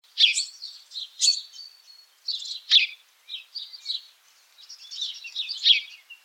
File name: Passer domesticus